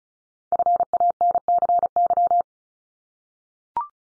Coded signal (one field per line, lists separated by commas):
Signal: Morse code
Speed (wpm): 36 wpm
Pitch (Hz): 700 Hz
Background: none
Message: FANCY